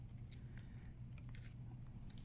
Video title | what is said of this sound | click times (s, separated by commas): Me failing at restringing a Gen 1 pack | Click, click, click. | 0.3 s, 1.5 s